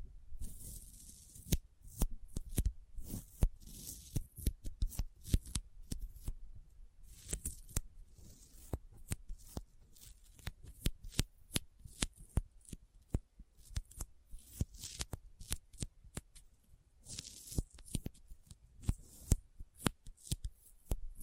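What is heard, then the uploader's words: Sticky fingers pull and tap in a quick, irregular stream of sharp clicks and smacks that runs the whole time. Some moments bunch into rapid flurries, others space out, with a soft hiss of skin rubbing underneath and brighter crackles near 1–3 and 17 seconds. ASMR Intense Sticky Finger Sounds (No Talking).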